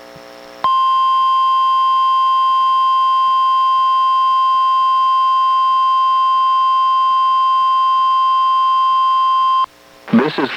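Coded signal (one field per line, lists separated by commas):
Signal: Emergency Alert System (SAME) tones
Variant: 1050 Hz attention tone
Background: speech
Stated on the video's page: NWS Portland weekly test relayed by NWR station in Astoria, recorded from a Reecom R-1630 weather radio via Zoom H1 recorder.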